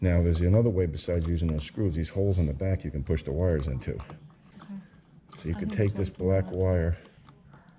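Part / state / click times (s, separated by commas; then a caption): black wire into the backstab hole of an outlet / not seated / none. Someone talks while handling a stripped black copper wire about to be pushed into the push-in (backstab) hole on the back of an electrical outlet, with a few faint short ticks near the end. The wire has not gone in or clicked yet; nothing has seated.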